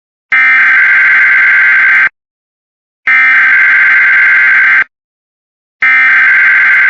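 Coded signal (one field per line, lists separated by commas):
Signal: Emergency Alert System (SAME) tones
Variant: header bursts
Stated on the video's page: Emergency Alert System child abduction emergency alert for Ohio.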